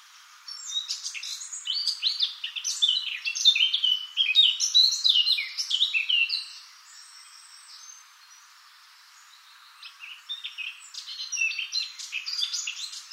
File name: Sylvia atricapilla